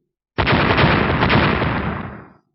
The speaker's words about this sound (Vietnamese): Những tiếng va chạm liên tục vang lên, trên tấm lá chắn hình tròn bằng đá có ánh sáng trắng nổ tung, kích thích tạo ra thành từng cái vùng dao động nguyên khí, chấn động tới mức thân thể Thạch Mục liên tiếp lùi về phía sau.